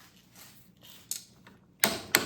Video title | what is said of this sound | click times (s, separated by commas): EPAuto 1/2" Drive Torque Wrench Review - Is a $30 Torque Wrench Any Good? | 50 pounds, and then once I set it to 55, I had to give it some more force to get it to click. | 2.2 s